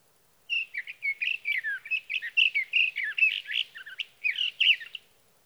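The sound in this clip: Sage thrasher song, a fast bubbling stream of varied warbled notes with quick upslurs and downslurs.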